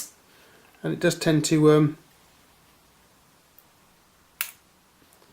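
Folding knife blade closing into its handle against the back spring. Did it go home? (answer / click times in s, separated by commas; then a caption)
yes / 4.4 s. Someone talks briefly, then the blade of a non-locking slip-joint folding knife is closed freely into its handle against the back spring. The spring-backed blade snaps home with a loud, sharp click at 4.4 s and seats fully shut, with only faint ticks around it.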